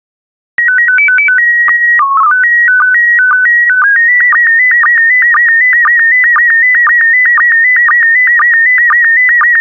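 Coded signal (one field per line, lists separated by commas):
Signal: SSTV (slow-scan television)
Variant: PD 120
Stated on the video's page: SSTV PD120 transmission of bird images.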